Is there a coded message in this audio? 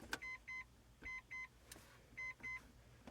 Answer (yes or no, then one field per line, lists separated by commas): no